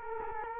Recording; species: mosquito wingbeat signal from an infrared sensor; Culex quinquefasciatus